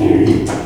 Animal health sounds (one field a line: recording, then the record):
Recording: squeal of a Yucatan mini pig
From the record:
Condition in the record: before surgery on the right vocal fold (resection and tissue-engineered implant)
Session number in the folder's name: 2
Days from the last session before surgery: -15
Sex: female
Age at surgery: 19 weeks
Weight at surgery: 25 kg